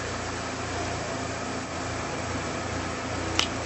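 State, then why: Torque reached. A torque wrench set to 40 pounds tightens an engine bolt against a steady low hum. A single sharp click at 3.4 seconds marks the preset torque being reached.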